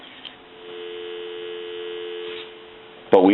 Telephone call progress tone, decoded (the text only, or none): dial tone